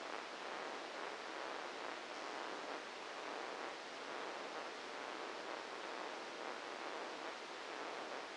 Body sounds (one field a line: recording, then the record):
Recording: brain microelectrode recording played as sound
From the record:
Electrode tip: inside the subthalamic nucleus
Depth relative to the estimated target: 0 mm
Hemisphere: left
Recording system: NeuroSet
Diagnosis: Parkinson's disease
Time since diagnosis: 8 years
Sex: male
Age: 59 years